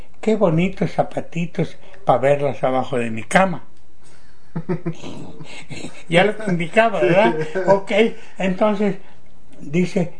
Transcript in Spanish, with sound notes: «Qué bonitos zapatitos pa verlos abajo de mi cama»”. (risas) Ya lo indicaba, ¿verdad?
Sí. (risas)
Okay. Entonces dice: